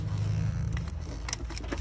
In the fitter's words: should be good right there yeah there it is they clicked right there